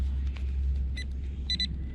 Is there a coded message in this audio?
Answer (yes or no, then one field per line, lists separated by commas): no